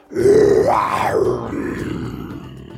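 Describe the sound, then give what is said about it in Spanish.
A loud, rough roar of a huge T-Rex among the trees in the world of Minecraft, a dinosaur-like bellow that swells and rises in pitch, then sinks into a long, low rumbling growl that fades slowly over about three seconds. “Mientras exploraba este nuevo mundo, escuchó un rugido aterrador.”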